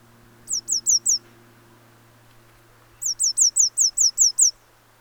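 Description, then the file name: Eurasian blue tit call: a run of four high, falling notes, then a longer run of several, above a steady low hum. "Cyanistes caeruleus"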